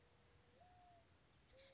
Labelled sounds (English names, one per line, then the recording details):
Oak Titmouse
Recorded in Sonoma County, California